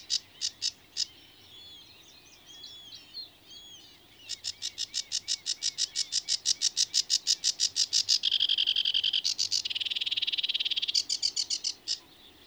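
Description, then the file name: Sedge warbler song: a few separate sharp notes, soft varied twittering, then a long run of rapid harsh repeated notes, buzzy trills and a few final notes. "Rietzanger"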